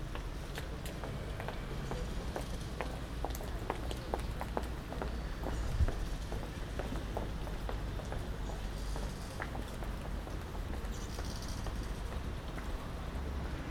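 A busy street walk with a steady low rumble of traffic, frequent sharp clicks and taps throughout, and a louder knock near six seconds.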